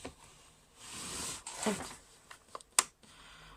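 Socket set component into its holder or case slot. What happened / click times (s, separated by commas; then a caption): A socket snaps into its holder / 2.8 s. A piece of a 53-piece socket set is lifted and fitted into its holder or case slot. A few light knocks and taps lead up to one sharp, bright snap at 2.8 s as the part seats in place.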